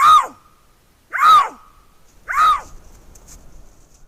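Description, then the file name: Eurasian lynx calling with three harsh, arching, scream-like yowls, roughly one per second, each sliding up then down in pitch, followed by quiet background hiss. "Gaupe"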